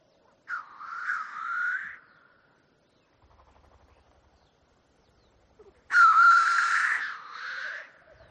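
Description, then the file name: Black grouse producing two long, rasping hisses several seconds apart. "audio hero Bird Black Grouse"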